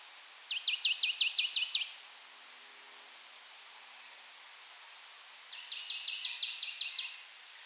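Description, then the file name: Marsh tit calling: two fast bursts of about seven to eight bright, high-pitched, evenly spaced notes each, with a quiet pause between the bursts. "Poecile palustris"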